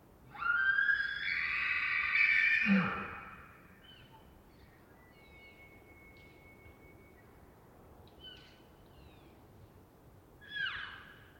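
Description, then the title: Elk bugling: a loud, harsh high scream held for two seconds ending in a deep grunt, followed by faint whistles and another brief call near the end. Several bull elk calling in rut, Colockum Wildlife Area, Washington, September 18 from pre-dawn, just before hunting season; high dry plateau with pine stands, after a night windstorm. "Elk Multiple Bulls Close Scream Roars Distant Ethereal Calls"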